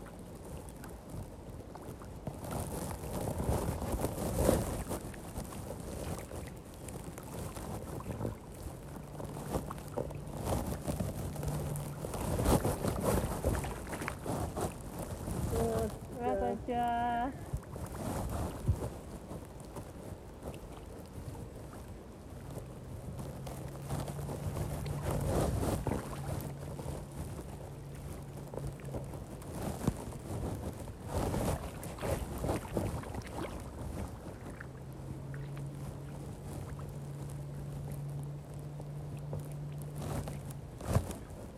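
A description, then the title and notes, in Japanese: Rice seedlings are planted by hand in a flooded paddy, with irregular splashes and swishes of water throughout and wind buffeting the microphone. A low engine drone comes and goes, and a short bird call sounds near sixteen seconds. 田植え。水苗代で苗を束にしたものを手に取り、 １本ずつ手植えでイネ苗たちを植えていきます。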